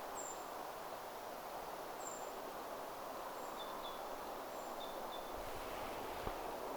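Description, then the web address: Eurasian treecreeper giving very high, thin, slightly falling notes every second or two, joined by a few lower short chirps, over a steady broad rushing hiss. Recorded 29 October 2025. "paivat 29 10 2025 ti-puukiipija"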